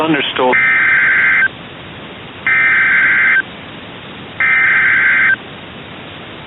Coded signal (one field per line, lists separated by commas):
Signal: Emergency Alert System (SAME) tones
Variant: header bursts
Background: speech